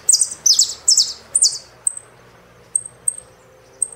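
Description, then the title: Saffron finch song: four bright, high notes sweeping downward, then thin, sharp chips at irregular gaps. "Jilguero Argentino"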